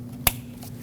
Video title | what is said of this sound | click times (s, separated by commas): How to Replace Intake Manifold Gaskets 2006-2015 Lexus IS250 | Plug this in. Make sure it clicks. | 0.3 s